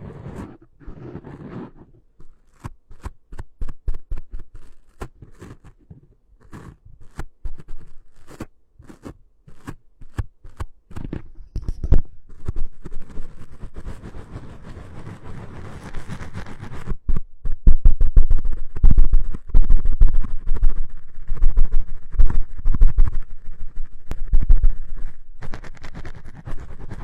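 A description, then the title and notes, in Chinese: Microphone rubbing, with scratchy, rustling friction and sharp clicks and taps scattered throughout. The first half is sparse and fairly quiet, with separate bumps and scrapes. After about twelve seconds the rubbing grows denser and louder, becoming a nearly continuous gritty scraping. 麦克风摩擦。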